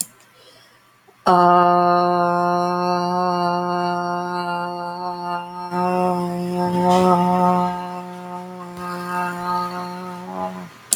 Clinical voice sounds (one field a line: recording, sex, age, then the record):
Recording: vowel held as long as possible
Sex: female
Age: 30 to 39 years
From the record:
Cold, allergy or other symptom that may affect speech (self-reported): no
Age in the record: 39 years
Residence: California, United States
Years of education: 16